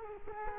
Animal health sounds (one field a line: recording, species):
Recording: mosquito wingbeat signal from an infrared sensor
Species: Culex quinquefasciatus